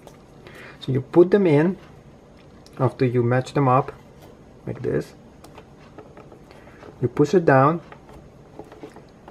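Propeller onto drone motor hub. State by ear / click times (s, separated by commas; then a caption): not seated / none. A plastic drone propeller's mount is lined up with the motor hub before it is pushed down and twisted to lock, while someone talks. Only small handling taps and light plastic contact are heard between the words, and the propeller has not yet clicked or locked into place.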